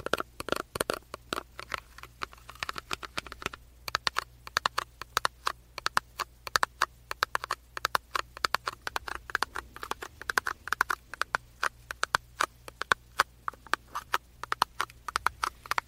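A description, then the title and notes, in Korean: Fingers tap and drum on a cosmetics box in quick, uneven bursts that continue for the whole stretch. The taps are crisp and hollow, sometimes clustering into rapid patters, over a faint steady low hum. ASMR 화장품 박스 탭핑 소리 가득.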